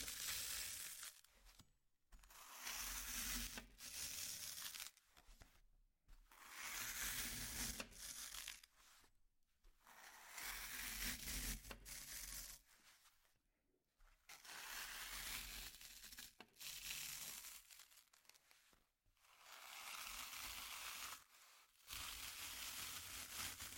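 Slime being squeezed and worked, producing dense crackling, squishing bursts that fill the range from low to bright. Bursts run a few seconds each and stop abruptly, with short silent gaps near 2, 5, 6, 10, 15, 19 and 22 seconds.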